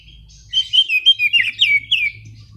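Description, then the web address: Oriental magpie-robin giving a short run of several bright whistled notes, some slurred downward, over faint low hum. Master recording used as a lure to prompt a kacer that has stopped singing to sing again. "kacer pancingan macet bunyi. masteran kacer"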